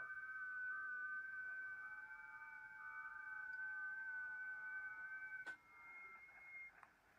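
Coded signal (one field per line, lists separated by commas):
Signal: FT8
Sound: several faint, steady, slightly warbling tones overlapping, then stopping near the end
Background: radio static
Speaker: let's see if we can do a contact ah there is Juliet radio 3 India India radio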